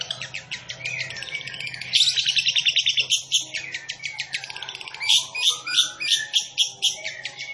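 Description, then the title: Long-tailed shrike song, a busy mix of fast buzzy trills and chattering notes with uneven rhythm, over a faint low hum. Singing bird described as 'gacor', a local term for a bird in full, vigorous song. "Cendet Gacor"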